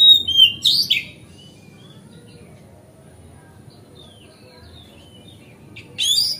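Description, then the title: Oriental magpie-robin song in two bursts, harsh rich twittering at the start and again near the end, separated by a long quiet gap with faint thin notes. Song tutoring (masteran) recording, made on a terrace. "Kacer Masteran Teras"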